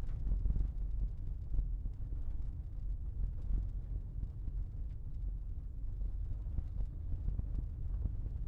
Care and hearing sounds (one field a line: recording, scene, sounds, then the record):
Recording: everyday scene through a hearing-aid microphone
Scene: in a vehicle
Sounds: engine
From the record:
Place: Berlingo II, diesel engine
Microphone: behind the ear, left, front